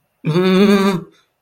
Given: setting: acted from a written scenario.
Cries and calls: vocal sound without words; distress

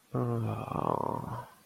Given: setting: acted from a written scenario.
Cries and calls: vocal sound without words; sadness

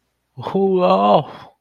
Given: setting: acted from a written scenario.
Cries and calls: vocal sound without words; awe

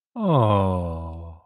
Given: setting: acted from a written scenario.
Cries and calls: vocal sound without words; adoration

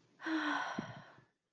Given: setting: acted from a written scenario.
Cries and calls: vocal sound without words; embarrassment

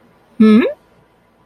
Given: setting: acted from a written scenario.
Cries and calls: vocal sound without words; interest

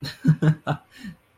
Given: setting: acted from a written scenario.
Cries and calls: vocal sound without words; amusement

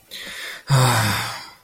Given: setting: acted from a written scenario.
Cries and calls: vocal sound without words; anger

